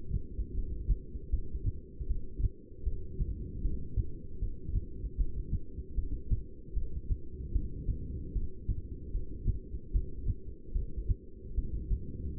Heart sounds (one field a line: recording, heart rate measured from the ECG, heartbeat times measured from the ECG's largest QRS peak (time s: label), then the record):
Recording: heart sounds by stethoscope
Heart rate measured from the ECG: 76 bpm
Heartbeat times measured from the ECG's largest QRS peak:
0.56 s: heartbeat
1.31 s: heartbeat
2.08 s: heartbeat
2.85 s: heartbeat
3.63 s: heartbeat
4.41 s: heartbeat
5.18 s: heartbeat
5.96 s: heartbeat
6.75 s: heartbeat
7.53 s: heartbeat
8.34 s: heartbeat
9.12 s: heartbeat
9.93 s: heartbeat
10.74 s: heartbeat
11.56 s: heartbeat
12.37 s: heartbeat
From the record:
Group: heart failure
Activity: rest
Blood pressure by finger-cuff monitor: 165/105 mmHg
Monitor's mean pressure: 127 mmHg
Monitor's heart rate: 77 bpm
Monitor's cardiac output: 8 L/min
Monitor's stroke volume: 104 mL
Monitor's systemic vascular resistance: 1200 dyn s/cm5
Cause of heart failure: non-ischemic cardiomyopathy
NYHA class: 1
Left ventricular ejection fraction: 62%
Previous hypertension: present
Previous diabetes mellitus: present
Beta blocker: bisoprolol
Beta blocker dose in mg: 10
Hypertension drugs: sacubitril-valsartan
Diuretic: furosemide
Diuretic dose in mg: 20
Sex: male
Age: 49 years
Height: 167 cm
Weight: 110 kg